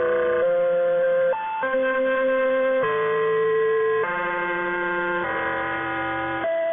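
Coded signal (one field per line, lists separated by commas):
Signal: channel marker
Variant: Bangkok Meteo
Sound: a slow melody of about 8 steady, organ-like notes, each held about a second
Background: faint radio static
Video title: Bangkok Meteo Interval Signal [HQ]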